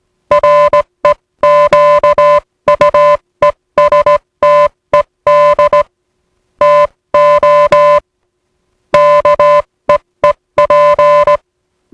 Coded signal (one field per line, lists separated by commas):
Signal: Morse code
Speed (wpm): 18 wpm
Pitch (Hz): 590 Hz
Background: music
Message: REQUESTED TO KEEP